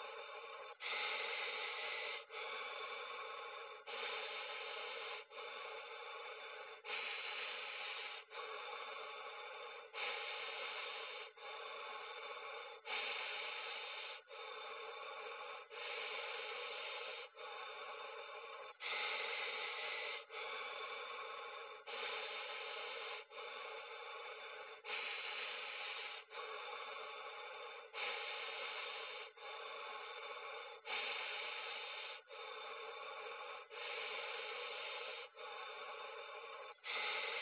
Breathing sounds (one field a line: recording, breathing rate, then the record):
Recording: paced breathing near a phone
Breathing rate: 20 breaths a minute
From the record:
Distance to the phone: 20 cm